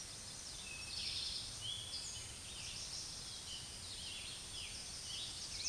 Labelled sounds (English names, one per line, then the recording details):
Eastern Towhee song
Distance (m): 50 m
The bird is about level with the microphone
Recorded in a Pennsylvania forest on 16 May 2024 at 06:33
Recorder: AudioMoth, point MSD-2083
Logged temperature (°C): 16.7 °C
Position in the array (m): 93 m, 14 m